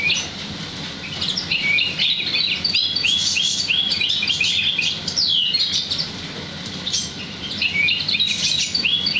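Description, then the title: Oriental magpie-robin song of quick, varied whistled phrases and slurred notes, steady throughout, with a constant background hiss. "Kicau Kacer"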